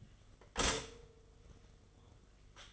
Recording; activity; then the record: daily activity, microphone in the room; stop toaster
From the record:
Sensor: 4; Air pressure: 1015.5 hPa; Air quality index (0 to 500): 202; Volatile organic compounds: 10 ppm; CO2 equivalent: 2257 ppm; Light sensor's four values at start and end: 4/8/3/3 and 4/8/3/3